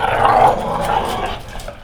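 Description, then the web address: Dog growling, one continuous rough, gritty snarl lasting under two seconds, fading slightly at the end, with no separate barks. Described as a mean dog. "3 D Sound - 3 D Keys VOL-1 Partition G MEAN 3 D DOG"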